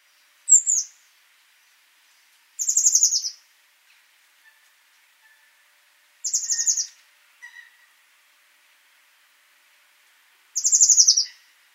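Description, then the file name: Eurasian blue tit giving very high, thin, buzzy calls that slide downward, four short bursts spaced a few seconds apart, with a few faint soft notes between them. "Cyanistes caeruleus"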